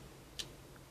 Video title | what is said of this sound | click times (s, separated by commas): GPO Passion ED 10x42 Binoculars review | turning is quite smooth we have some nice clicks | 0.4 s